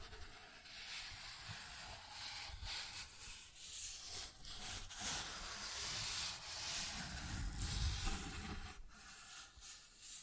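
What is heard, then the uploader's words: Cardboard is scratched in a continuous, bright, rasping hiss that swells and fades unevenly, with brief pauses near three, five and nine seconds. Cardboard Scratching, Tracing, Tearing.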